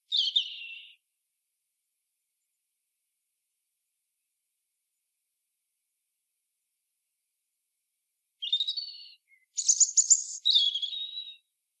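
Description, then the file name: European robin song: a short high descending note, a long silence, then a fuller phrase of sharp, very high notes and sweet trills. "Erithacus rubecula"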